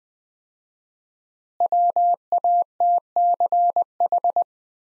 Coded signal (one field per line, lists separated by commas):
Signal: Morse code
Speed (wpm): 20 wpm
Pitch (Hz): 700 Hz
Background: none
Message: WATCH